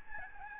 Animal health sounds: mosquito wingbeat signal from an infrared sensor; Aedes albopictus

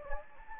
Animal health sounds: mosquito wingbeat signal from an infrared sensor; Anopheles gambiae

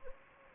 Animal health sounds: mosquito wingbeat signal from an infrared sensor; Anopheles gambiae

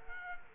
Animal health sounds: mosquito wingbeat signal from an infrared sensor; Culex quinquefasciatus

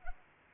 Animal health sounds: mosquito wingbeat signal from an infrared sensor; Culex pipiens

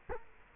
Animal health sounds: mosquito wingbeat signal from an infrared sensor; Culex quinquefasciatus

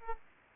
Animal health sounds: mosquito wingbeat signal from an infrared sensor; Aedes aegypti

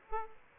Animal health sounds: mosquito wingbeat signal from an infrared sensor; Aedes aegypti

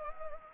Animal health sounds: mosquito wingbeat signal from an infrared sensor; Anopheles gambiae

